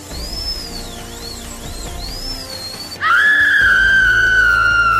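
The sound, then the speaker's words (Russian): A thin, wavering high tone gives way abruptly to a woman's loud, shrill, sustained scream as a drill bores into her knee, holding one piercing pitch, sliding slightly downward, until the end. “Ольга дико завопила.”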